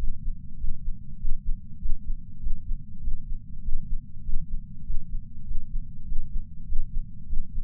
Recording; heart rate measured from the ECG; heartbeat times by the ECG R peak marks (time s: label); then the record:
heart sounds by patch sensor on the chest; 99 bpm
0.57 s: heartbeat
1.17 s: heartbeat
1.78 s: heartbeat
2.39 s: heartbeat
3.00 s: heartbeat
3.61 s: heartbeat
4.22 s: heartbeat
4.83 s: heartbeat
5.44 s: heartbeat
6.04 s: heartbeat
6.65 s: heartbeat
7.26 s: heartbeat
From the record:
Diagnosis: coronary artery disease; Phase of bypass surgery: preoperative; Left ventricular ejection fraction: 69.2%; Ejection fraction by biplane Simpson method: 67.6%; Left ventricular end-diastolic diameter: 44 mm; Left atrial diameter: 34 mm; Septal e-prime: 8.5 cm/s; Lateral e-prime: 9.7 cm/s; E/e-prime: 11.5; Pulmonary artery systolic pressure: 27 mmHg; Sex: male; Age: 74 years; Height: 168 cm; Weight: 55 kg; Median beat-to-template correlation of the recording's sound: 0.94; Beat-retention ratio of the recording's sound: 0.99